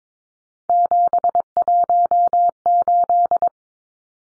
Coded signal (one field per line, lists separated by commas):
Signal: Morse code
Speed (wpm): 22 wpm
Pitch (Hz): 700 Hz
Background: none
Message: 718